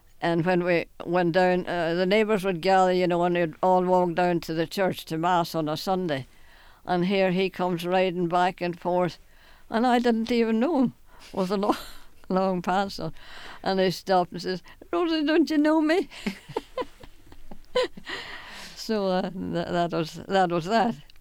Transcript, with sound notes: And when we went down, the neighbors would gather, you know, and they'd all walk down to the church, to Mass, on a Sunday, and here he comes riding back and forth, and I didn't even know him with the long pants on, and he stopped and said, "Rosie, don't you know me?" ( they laugh ) So, uh, that was, that was that.